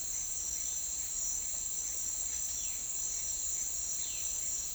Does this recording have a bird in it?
yes